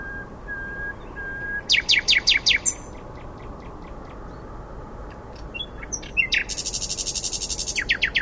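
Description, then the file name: Common nightingale song: soft low whistles, then a burst of sharp repeated notes, scattered chips, and a fast buzzy rattle of rapid strokes near the end. "Luscinia megarhynchos"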